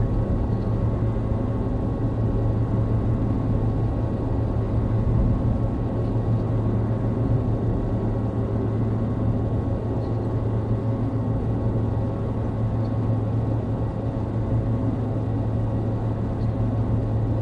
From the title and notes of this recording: Base is a Mixtikl patch generating very low frequency mechanical noise, some harmonics accentuated.